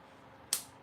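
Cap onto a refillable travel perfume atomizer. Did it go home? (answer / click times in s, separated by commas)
yes / 0.5 s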